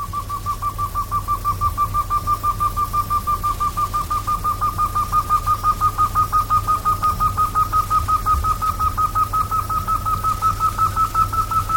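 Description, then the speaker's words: Rail long call: a steady run of short whistled notes, about three a second, slowly creeping higher in pitch, over a low background hum. South American rail calling after a warm-up; this group is known for long calls, longer than the roughly 15 seconds of Japanese long-calling birds. "それでは南米のクイナはどうでしょう。ウォーミングアップをして鳴いております。"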